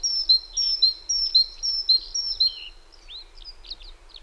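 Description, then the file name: Great tit song: high-low two-note phrases repeated about twice a second for two and a half seconds, then a few softer scattered chirps. "Parus major"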